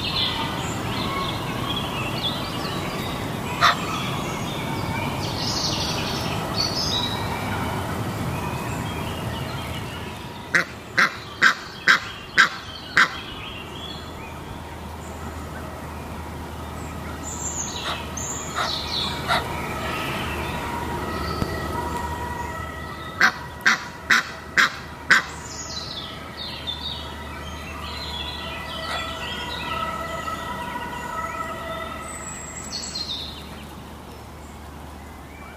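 A soundwalk beside a pond, with a steady low hum and murmur throughout and birds calling now and then, including duck-like quacks. Two bursts of sharp, rapid clicks or taps come around 11 to 13 seconds and again around 23 to 25 seconds.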